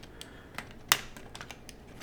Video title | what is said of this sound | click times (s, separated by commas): How to Fix the Stick Drift on PS4 Controller & Take Apart (Easy Method) | Yep. So you can see it snapped on. | 0.9 s